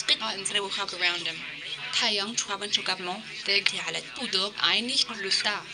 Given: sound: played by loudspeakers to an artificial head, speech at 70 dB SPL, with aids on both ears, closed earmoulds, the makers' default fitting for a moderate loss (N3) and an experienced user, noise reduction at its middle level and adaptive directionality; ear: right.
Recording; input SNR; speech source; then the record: speech test signal (ISTS) in cocktail-party noise; +9 dB; on the right (90 degrees)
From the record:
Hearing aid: class 2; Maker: A